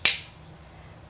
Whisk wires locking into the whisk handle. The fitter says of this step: turn it till it clicks.